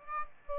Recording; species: mosquito wingbeat signal from an infrared sensor; Aedes aegypti